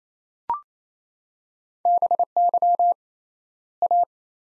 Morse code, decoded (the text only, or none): BY A